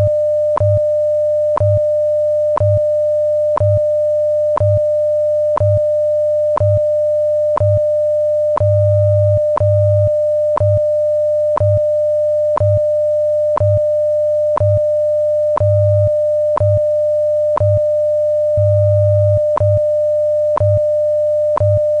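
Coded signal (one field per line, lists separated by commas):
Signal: radio time signal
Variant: WWV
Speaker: radio station wwv fort collins colorado broadcasting on internationally allocated standard carrier frequencies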